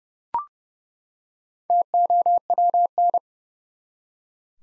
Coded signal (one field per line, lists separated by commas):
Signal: Morse code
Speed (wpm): 31 wpm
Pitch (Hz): 700 Hz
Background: none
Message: TOWN